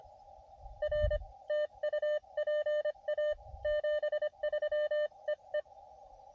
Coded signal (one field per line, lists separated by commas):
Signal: Morse code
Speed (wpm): 25 wpm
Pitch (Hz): 590 Hz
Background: none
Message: R TU PA 73 EE